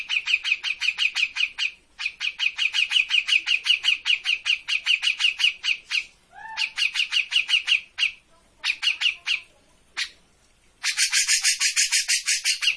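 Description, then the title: Grey-cheeked bulbul delivering steady streams of grating notes, pausing briefly, then ending in a denser, noisier burst of chatter. Made as a master (masteran) for training cage birds; bird in lively vocal form (gacor). "Cucak Jenggot Gacor. Masteran burung cucak jenggot ! Suaka burung"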